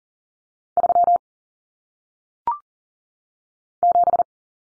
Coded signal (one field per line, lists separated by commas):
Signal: Morse code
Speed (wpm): 42 wpm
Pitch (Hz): 700 Hz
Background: none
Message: 3 7